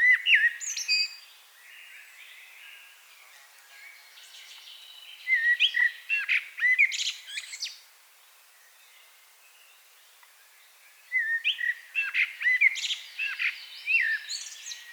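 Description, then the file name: Common blackbird song in three bursts separated by pauses, each a fluty warble breaking into scratchy high twitters; soft background hiss throughout. "Turdus merula"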